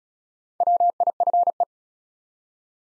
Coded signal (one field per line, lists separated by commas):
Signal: Morse code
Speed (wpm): 34 wpm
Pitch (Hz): 700 Hz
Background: none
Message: WIFE